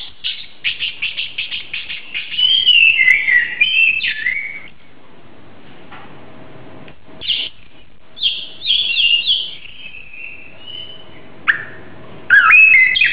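Oriental magpie-robin song of quick chattering notes building into rich fluted warbles, broken by short pauses and resuming in varied bursts.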